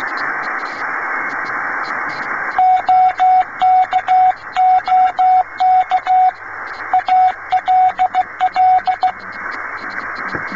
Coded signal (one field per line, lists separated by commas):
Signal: Morse code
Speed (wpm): 16 wpm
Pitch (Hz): 740 Hz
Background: radio noise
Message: OK OK ALL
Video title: YE90PK - PI90PCG Morse Code Communication, Repeating 1923 Radio Malabar - Radio Kootwijk Part 2 of 2